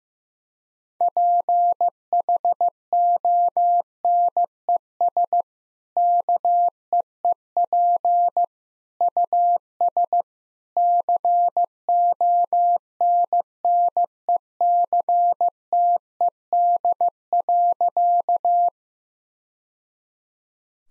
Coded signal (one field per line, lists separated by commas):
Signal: Morse code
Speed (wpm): 16 wpm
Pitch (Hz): 700 Hz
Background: none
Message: PHONES KEEP US CONNECTED.